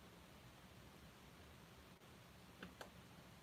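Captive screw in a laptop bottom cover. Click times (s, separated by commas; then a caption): 2.6 s, 2.8 s. A captive screw in a laptop's bottom cover is loosened with a screwdriver against a steady hiss. Two small, sharp clicks are heard at 2.6 and 2.8 seconds as the screw comes free of its thread, releasing it.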